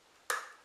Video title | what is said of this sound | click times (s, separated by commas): Installing RF connectors on LDF4-50A 1/2" Heliax | slide it in place and you'll pull it down until you hear it pop, and | 0.3 s